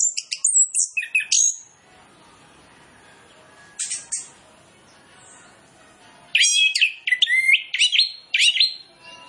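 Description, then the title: Orange-headed Thrush song with rapid high chattering bursts, a pause broken by one brief burst, then a long series of sharp, sweet whistled and scratchy notes. Lure recording played to prompt birds of the species to sing in full. "Masteran Anis Kembang Full Isian Untuk Suara Pancingan Anis Kembang Agar Cepat Ngeplong"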